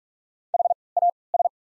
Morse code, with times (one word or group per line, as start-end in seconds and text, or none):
0.5-0.7 H
1.0-1.1 A
1.3-1.5 S